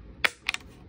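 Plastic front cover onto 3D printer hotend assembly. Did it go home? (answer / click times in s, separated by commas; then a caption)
yes / 0.2 s. Snapping the plastic front cover back onto the hotend assembly of a Bambu Lab A1 Mini 3D printer, after sliding it over the top and pressing at the bottom. A sharp, loud snap at 0.2 seconds marks the cover seating in place, followed by two softer clicks near 0.5 seconds.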